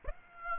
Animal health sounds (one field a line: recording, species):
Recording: mosquito wingbeat signal from an infrared sensor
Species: Aedes aegypti